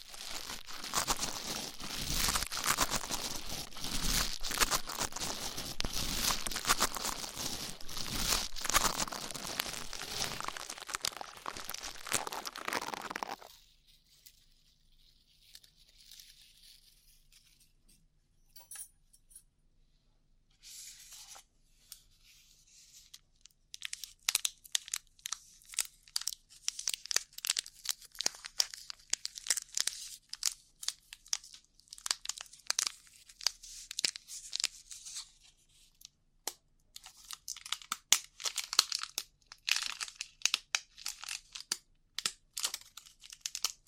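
Rough ear cleaning, opening with about thirteen seconds of dense, loud scratching and rustling that then stops abruptly. After a near-silent gap, softer crackly scrapes and crinkles return from around 23 seconds in bursts of quick, irregular strokes, bright and thin, until the end.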